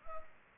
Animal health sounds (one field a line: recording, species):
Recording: mosquito wingbeat signal from an infrared sensor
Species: Anopheles arabiensis